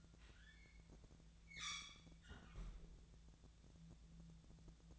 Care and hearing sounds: daily activity, microphone in the room; close fridge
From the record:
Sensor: 3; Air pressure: 1000.0 hPa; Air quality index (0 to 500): 134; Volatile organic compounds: 2 ppm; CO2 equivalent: 1192 ppm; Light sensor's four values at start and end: 42/106/45/49 and 42/107/45/49

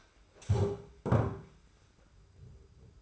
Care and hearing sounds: daily activity, microphone in the room; stand up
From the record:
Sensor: 2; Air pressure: 991.5 hPa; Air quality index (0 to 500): 175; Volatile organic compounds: 1000 ppm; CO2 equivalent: 5669 ppm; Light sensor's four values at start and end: 27/86/34/32 and 25/79/31/30

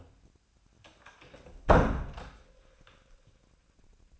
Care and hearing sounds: daily activity, microphone in the room; close door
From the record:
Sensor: 2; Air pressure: 1009.1 hPa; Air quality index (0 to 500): 177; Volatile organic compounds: 2 ppm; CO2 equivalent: 1288 ppm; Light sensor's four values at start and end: 34/89/38/41 and 34/89/38/40

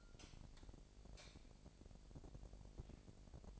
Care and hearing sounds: daily activity, microphone in the room; light on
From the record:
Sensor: 5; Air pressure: 1012.0 hPa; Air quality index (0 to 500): 247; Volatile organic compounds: 4 ppm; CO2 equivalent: 1680 ppm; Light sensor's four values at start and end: 39/90/37/40 and 40/95/39/42

